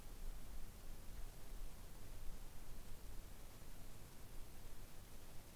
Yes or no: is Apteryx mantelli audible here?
no